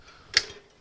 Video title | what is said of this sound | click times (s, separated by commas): U.S. General Toolbox Overview - Harbor Freight Tool Cart | locks in place on its own, | 0.4 s